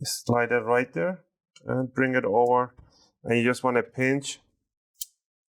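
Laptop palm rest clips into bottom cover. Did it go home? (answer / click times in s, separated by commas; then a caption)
yes / 5.0 s. Someone talks while reassembling a Dell Precision 7510 laptop, pinching the plastic palm rest against the bottom cover so its clips snap in. A short sharp click is heard at 5.0 s as the palm rest clip seats into the bottom cover.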